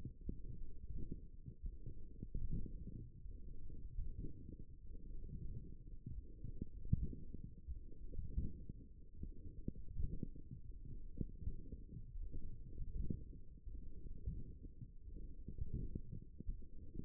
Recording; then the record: forearm muscle sounds (acoustic myography)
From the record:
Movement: forearm supination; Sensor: system 1, eight BSWA MPA416 microphones around the upper forearm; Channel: 2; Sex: male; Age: 23 years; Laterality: right